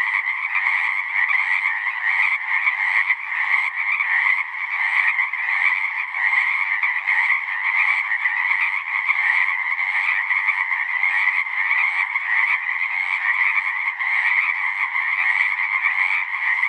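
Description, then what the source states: Dense Pacific chorus frog chorus, a relentless raspy din of many overlapping callers, steady in loudness from start to finish. Full chorus after dusk; males giving the advertisement call, a distinct kree-eeck or ribbit, to attract females.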